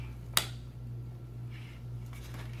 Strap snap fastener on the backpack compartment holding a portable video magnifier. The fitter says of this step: the last strap that goes vertically on the unit actually snaps into place and now